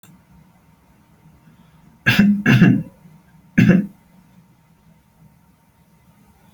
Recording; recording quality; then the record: shallow voluntary cough; moderate, slight background noise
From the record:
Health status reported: healthy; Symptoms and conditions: none ticked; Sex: male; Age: 32 years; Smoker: not ticked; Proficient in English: yes